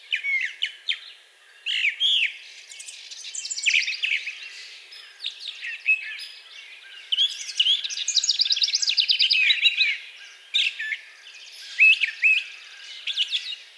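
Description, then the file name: Brown thrasher delivering a steady stream of varied phrases: sharp chips, rattles and slurred whistles, several repeated twice before changing, almost without pause. Recorded on 4 June 2020. "2020-06-04 Brown Thrasher"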